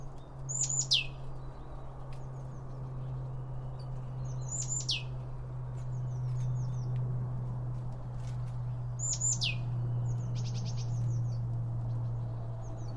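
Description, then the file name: Bird calls: a loud descending chirp roughly every four seconds, with softer twitters and a brief rapid trill, over a steady low hum. Several birds around a bird feeder, recorded with two Line Audio OM1 microphones. "Birds Around Birdfeeding With Two Om 1 From Line Audio"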